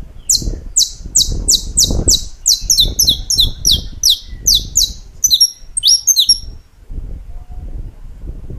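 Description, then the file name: Saffron finch singing a long run of rapid, high descending chirps, some paired, that then stop, leaving low rumbling background noise. "Canto-do-Canário-da-Terra"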